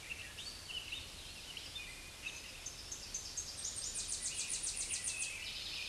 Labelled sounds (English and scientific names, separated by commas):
Tennessee Warbler (Leiothlypis peregrina) song